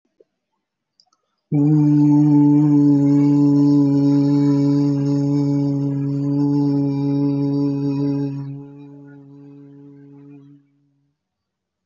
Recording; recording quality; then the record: sustained vowel as in boot; excellent, no background noise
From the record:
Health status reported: healthy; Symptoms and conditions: none ticked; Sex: male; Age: 30 years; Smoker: not ticked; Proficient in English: yes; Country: India